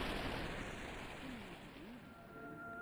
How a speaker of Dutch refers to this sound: Dwars door het dorp stroomt een rivier met helder water. Vrouwen komen hier samen om de kleren en zichzelf te wassen en om de laatste nieuwtjes uit te wisselen. Net buiten het dorp stort de rivier zich in een schitterende waterval naar beneden.